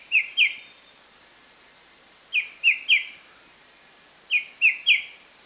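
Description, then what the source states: White-browed shrike-babbler song, phrases of two or three ringing whistled notes repeated about every two seconds over steady background hiss. Recorded 1 March 2008.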